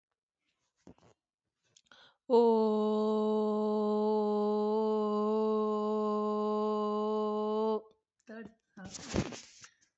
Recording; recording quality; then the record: sustained vowel as in boot; excellent, no background noise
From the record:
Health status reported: recovered from COVID-19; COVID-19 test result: positive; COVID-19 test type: RT-PCR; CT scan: not taken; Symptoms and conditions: cough, cold, sore throat, muscle pain, diabetes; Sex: female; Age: 42 years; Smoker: no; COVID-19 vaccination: both doses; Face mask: worn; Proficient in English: yes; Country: India